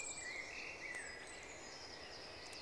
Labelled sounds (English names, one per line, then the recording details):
Eurasian Blue Tit
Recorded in Germany
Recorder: ecoPi